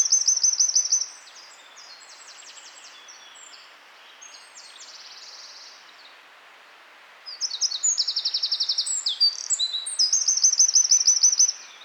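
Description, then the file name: Eurasian wren singing: a burst of shrill trills at the start, a long quiet gap with faint twittering, then another loud rapid trilling outburst. "Troglodytes troglodytes"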